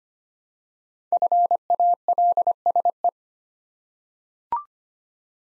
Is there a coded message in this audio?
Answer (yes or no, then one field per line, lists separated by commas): yes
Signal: Morse code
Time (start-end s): 1.1-3.1 s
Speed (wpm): 25 wpm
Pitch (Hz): 700 Hz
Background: none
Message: FALSE